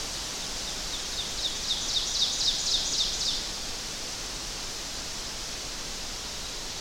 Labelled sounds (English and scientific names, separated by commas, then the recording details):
Ovenbird (Seiurus aurocapilla) song
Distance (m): 40 m
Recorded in boreal forest in Alberta, Canada, on 12 June 2016 at 07:10
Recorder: SongMeter 3, array SBT-3-18
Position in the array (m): 240 m, 84 m
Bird 31